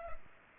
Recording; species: mosquito wingbeat signal from an infrared sensor; Culex pipiens